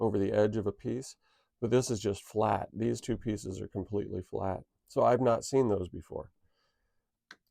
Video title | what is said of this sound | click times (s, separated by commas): Ahsoka’s Jedi Interceptor Unboxing and Review! NEW 2025 Lego Star Wars set 75401 | okay so one minor minor complaint this cockp doesn't click into place | none